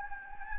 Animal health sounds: mosquito wingbeat signal from an infrared sensor; Anopheles gambiae

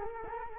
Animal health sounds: mosquito wingbeat signal from an infrared sensor; Culex quinquefasciatus

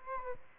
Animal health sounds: mosquito wingbeat signal from an infrared sensor; Aedes albopictus

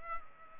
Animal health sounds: mosquito wingbeat signal from an infrared sensor; Culex pipiens

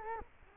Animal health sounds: mosquito wingbeat signal from an infrared sensor; Culex quinquefasciatus

